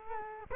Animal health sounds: mosquito wingbeat signal from an infrared sensor; Culex quinquefasciatus

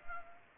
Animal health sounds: mosquito wingbeat signal from an infrared sensor; Culex pipiens

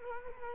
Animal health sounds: mosquito wingbeat signal from an infrared sensor; Culex quinquefasciatus

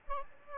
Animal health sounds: mosquito wingbeat signal from an infrared sensor; Aedes albopictus

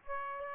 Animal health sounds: mosquito wingbeat signal from an infrared sensor; Aedes aegypti

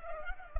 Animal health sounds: mosquito wingbeat signal from an infrared sensor; Culex pipiens

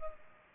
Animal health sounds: mosquito wingbeat signal from an infrared sensor; Culex pipiens

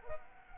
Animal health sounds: mosquito wingbeat signal from an infrared sensor; Culex quinquefasciatus

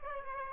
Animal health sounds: mosquito wingbeat signal from an infrared sensor; Aedes aegypti

